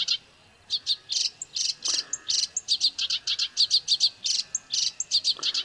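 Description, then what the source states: Black-browed reed warbler singing rapid, scratchy high notes in irregular bursts, with short thin whistles mixed among the chattering phrases. Song used to train birds (masteran).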